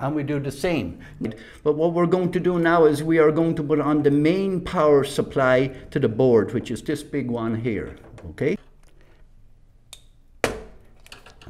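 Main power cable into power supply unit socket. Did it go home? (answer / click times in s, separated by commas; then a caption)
yes / 10.4 s. Someone talks while the large main board power cable is pushed into its socket on a Corsair RM650 80 Plus Gold power supply unit. A sharp click at 10.4 s shows the cable has seated, the click signalling that it is fully in, followed by a few faint ticks.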